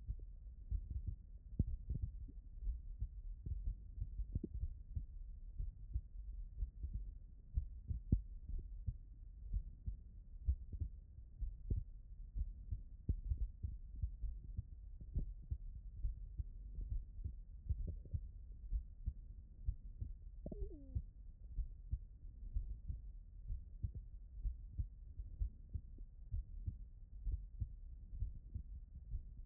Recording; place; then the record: heart sounds by stethoscope; tricuspid valve (TV)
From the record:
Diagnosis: non-HFrEF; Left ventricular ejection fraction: 64%